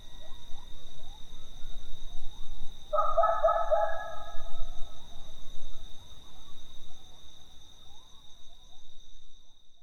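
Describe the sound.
Coyote chorus, a burst of loud overlapping howls and yips in the middle between quieter broken yipping calls, over steady high-pitched tones.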